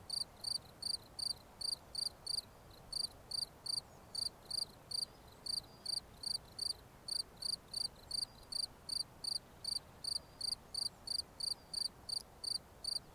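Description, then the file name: Cricket song: rapid high chirps grouped in short runs with tiny pauses, continuing steadily for the whole stretch; faint hiss behind. "Grillons"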